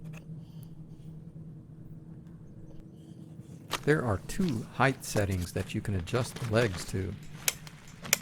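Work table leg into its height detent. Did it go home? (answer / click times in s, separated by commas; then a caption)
yes / 7.5 s, 8.1 s. Someone talks over a quiet background while the leg of a Pony 2-in-1 plastic clamping work table / sawhorse, which has two height settings, is moved to a new height. Sharp clicks at 7.5 s and 8.1 s are heard as the folding plastic leg passes the height detents, and it seats in its height detent.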